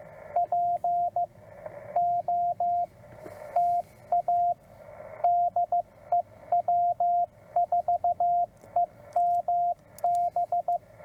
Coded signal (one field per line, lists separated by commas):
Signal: Morse code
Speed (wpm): 15 wpm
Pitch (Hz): 700 Hz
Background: radio noise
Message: POTA DE W4EMB